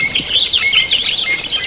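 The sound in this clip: Bird chirping: a dense, continuous stream of high twittering notes with no pauses.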